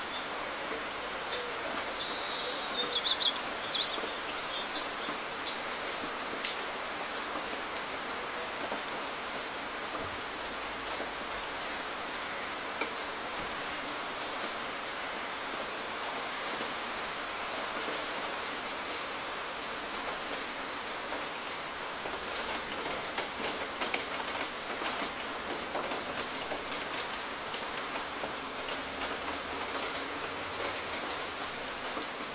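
Gentle drizzle falls steadily throughout, a dense, even hiss of fine patter with scattered sharper drop ticks. A few faint high chirps, like a bird, appear around three seconds. The level stays flat and there's no clear rumble of thunder.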